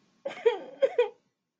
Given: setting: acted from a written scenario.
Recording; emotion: vocal sound without words; sadness